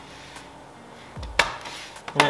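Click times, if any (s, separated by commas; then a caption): 1.4 s, 2.2 s. The plastic bottom cover of a laptop is put back onto the laptop chassis and pressed down. After a faint low thump, sharp clicks ring out at 1.4 s and 2.2 s as the cover snaps into place, and it is seated.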